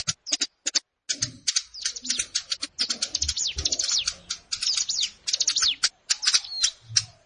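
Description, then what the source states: Plain prinia song: hurried, dense sequence of high chirps, clicks and slurred notes, nearly continuous after a brief gap early on. Recorded in a rice field (sawah).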